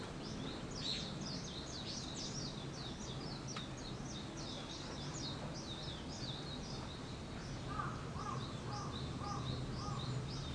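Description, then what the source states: Birds chirping: a dense chorus of high, quick descending chirps throughout, joined near the end by a few lower, softer repeated notes, over steady background hiss. Wild birds; 21 April 2023.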